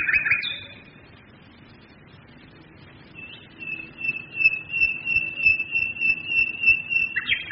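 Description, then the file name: Nightingale song: a short burst of notes, then after a pause a long run of pure whistled notes repeated rapidly and swelling in loudness. Singing, recorded in 1942 during the Second World War. "1942-xx-xx nightingales and bombers"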